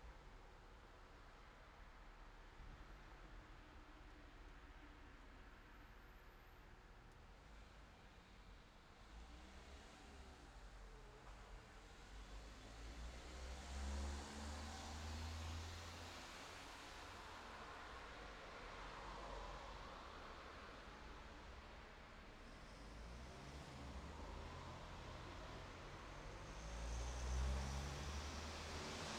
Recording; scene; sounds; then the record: everyday scene through a hearing-aid microphone; in traffic; traffic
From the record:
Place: city secondary road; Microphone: in the ear canal, left